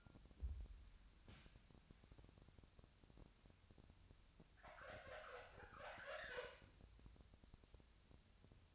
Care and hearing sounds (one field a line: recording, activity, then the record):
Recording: daily activity, microphone in the room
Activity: wipe stove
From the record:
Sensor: 2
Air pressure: 1006.9 hPa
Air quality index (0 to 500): 199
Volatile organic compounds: 14 ppm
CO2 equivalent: 2433 ppm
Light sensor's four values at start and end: 9/23/9/10 and 9/23/9/10